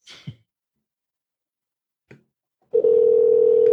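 A couple of brief handling clicks, then a steady, mid-pitched telephone ringing tone starts and holds unbroken until the end, with no one picking up.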